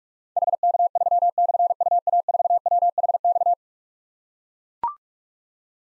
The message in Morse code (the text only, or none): HK3/UA4WHX